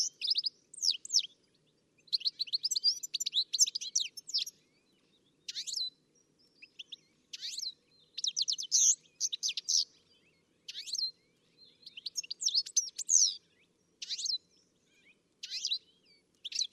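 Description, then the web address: Bird song: repeated bursts of quick high chirps and sweeping notes, separated by short silences. "Deverinetal. Bird Only"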